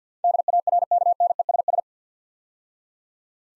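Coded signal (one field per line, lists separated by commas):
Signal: Morse code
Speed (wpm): 53 wpm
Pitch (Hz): 700 Hz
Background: none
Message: DARKNESS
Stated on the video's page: Morse word-copying practice at 50 wpm, eight-letter words, each word sent twice.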